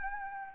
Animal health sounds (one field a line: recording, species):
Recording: mosquito wingbeat signal from an infrared sensor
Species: Anopheles arabiensis